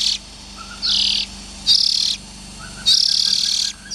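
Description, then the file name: Oriental magpie-robin producing several rasping hisses, one nearly a second long, with faint soft chirps between them. Young birds. "Tieng chim chich choe than non"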